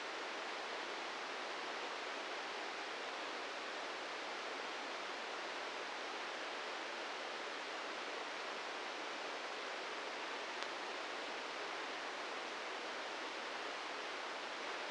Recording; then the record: brain microelectrode recording played as sound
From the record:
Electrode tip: inside the subthalamic nucleus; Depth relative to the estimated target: 0 mm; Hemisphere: left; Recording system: NeuroSet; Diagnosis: Parkinson's disease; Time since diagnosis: 13 years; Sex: male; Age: 66 years